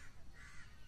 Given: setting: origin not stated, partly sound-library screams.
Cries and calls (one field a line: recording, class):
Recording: one-second piece from a danger detection set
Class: normal situation